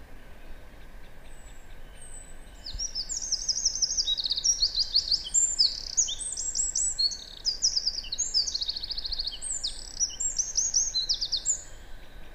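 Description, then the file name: Eurasian wren song: a long, rapid run of very high, loud trills and twittering phrases, beginning after about three seconds and continuing almost to the end, over a steady low background hum. "Troglodytes troglodytes"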